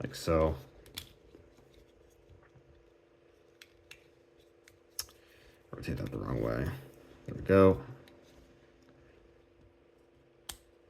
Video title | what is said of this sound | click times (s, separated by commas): The Mandalorian/N-1 Naboo Starfighter - Transformers/Star Wars Crossover Figure Review | That all locks into place. | 10.5 s